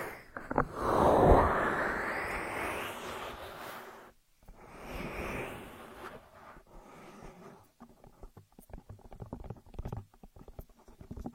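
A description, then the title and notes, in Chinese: Ear massage with no voice: a loud rubbing swell in the first seconds fades out, then a brief silence near four seconds. Softer brushing strokes return around five seconds, followed by light, irregular taps and rustles that continue to the end. 无人声按摩耳朵（声控助眠）。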